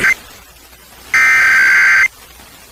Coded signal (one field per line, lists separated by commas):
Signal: Emergency Alert System (SAME) tones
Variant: header bursts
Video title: National EAS Test on the Las Vegas FM band